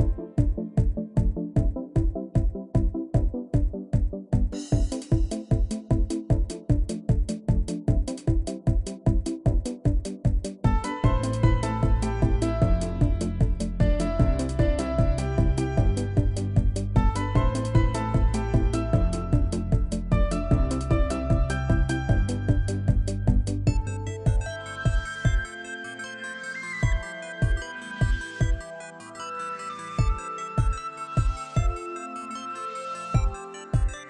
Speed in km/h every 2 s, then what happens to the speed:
40, 50, 58, 64, 64, 63, 64, 64, 64, 64, 66, 71, 76, 81, 81, 82, 82.
0-6 speeds up to 64. 6-18 steady at about 64. 18-25 speeds up to 81. 25-34 steady at about 81.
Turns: none.